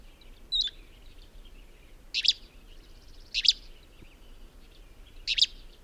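Bird chirps: a thin whistled note, then three sharp, high chirps at uneven gaps, with low steady hiss behind.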